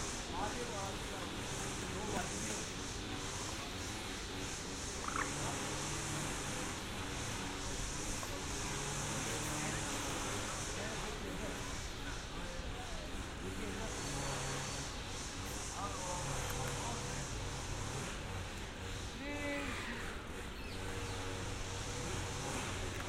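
A binaural street recording in Amsterdam, with a steady, dense wash of city sound: passing traffic and low engine rumble underneath, and voices talking throughout. Brief bright squeaks or chirps cut through around 5, 16 and 20 seconds.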